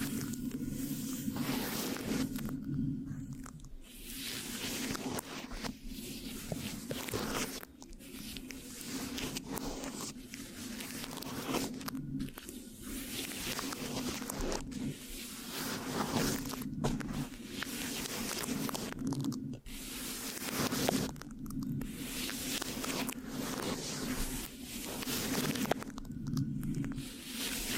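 Microphone scratching with sticky, tacky rubbing sounds, pulsing in dense bursts every second or two over a steady low hum, without talking.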